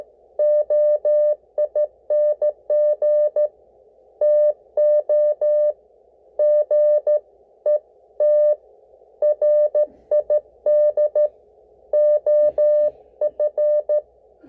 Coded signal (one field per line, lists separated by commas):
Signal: Morse code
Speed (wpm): 14 wpm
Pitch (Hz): 600 Hz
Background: none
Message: OING TO GET RID OF